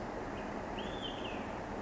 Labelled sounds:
Olive-sided Flycatcher

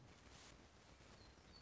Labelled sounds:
Song Sparrow

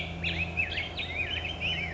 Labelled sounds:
Black-headed Grosbeak

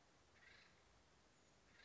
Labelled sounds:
Acorn Woodpecker

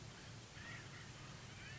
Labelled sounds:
Acorn Woodpecker

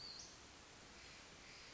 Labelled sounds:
Western Flycatcher

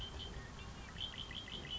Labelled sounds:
Red-winged Blackbird

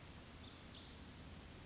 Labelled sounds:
Pacific Wren

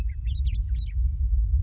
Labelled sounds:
Western Meadowlark

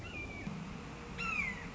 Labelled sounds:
Red-shouldered Hawk

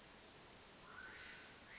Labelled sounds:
Mountain Quail

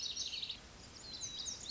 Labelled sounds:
Lazuli Bunting

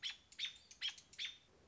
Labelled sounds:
American Robin

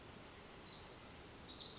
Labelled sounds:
Pacific Wren

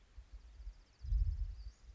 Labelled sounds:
Western Flycatcher

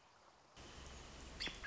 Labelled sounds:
American Robin

